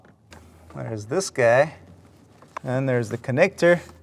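Someone talks while handling the electrical connector on a coolant reservoir, which goes onto its plastic socket. Faint handling ticks are heard under the talking. Nothing has seated or clicked yet.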